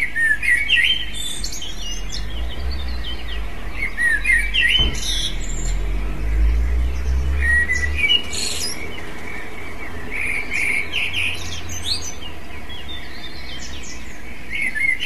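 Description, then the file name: Eurasian blackbird song of repeated melodious warbles and high squeaky endings, over a noticeable low droning rumble and a brief sharp click. "merle"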